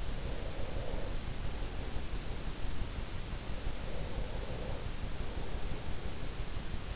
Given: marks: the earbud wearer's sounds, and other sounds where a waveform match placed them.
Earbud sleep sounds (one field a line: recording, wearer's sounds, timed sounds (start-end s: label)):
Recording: sounds in sleep by an in-ear microphone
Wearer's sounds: breath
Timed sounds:
0.13-2.20 s: breath
3.85-6.18 s: breath